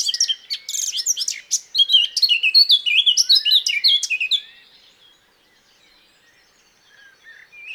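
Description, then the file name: Eurasian blackcap warbling song, a fast jumble of bright twittering notes lasting about four seconds, then near silence with faint chirps. "Sylvia atricapilla"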